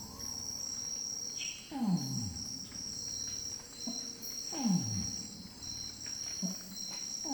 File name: orangutan -long-call